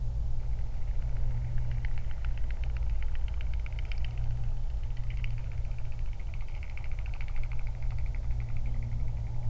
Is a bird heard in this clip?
yes